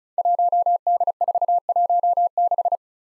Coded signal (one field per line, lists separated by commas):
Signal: Morse code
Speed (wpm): 36 wpm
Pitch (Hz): 700 Hz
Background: none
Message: 1D416